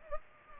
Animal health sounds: mosquito wingbeat signal from an infrared sensor; Culex pipiens

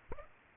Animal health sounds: mosquito wingbeat signal from an infrared sensor; Aedes aegypti

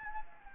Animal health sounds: mosquito wingbeat signal from an infrared sensor; Anopheles gambiae

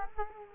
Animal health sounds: mosquito wingbeat signal from an infrared sensor; Culex quinquefasciatus

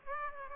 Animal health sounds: mosquito wingbeat signal from an infrared sensor; Aedes aegypti

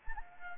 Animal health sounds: mosquito wingbeat signal from an infrared sensor; Anopheles gambiae

